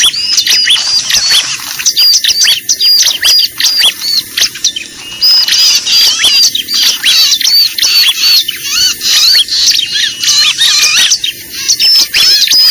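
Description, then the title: Bar-winged prinia giving rapid high chirps in repeated bursts, squeaky and sharp, separated by short breaks, with a light background hiss. Lure call used for trapping (pikat). "PIKAT BURUNG CIBLEK AMPUH"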